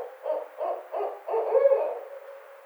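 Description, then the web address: Barred owl giving three quick, low hoots followed by a louder, stretched final hoot that trails away. Recorded on 29 May 2009. "Barred Owl 2009 05 29"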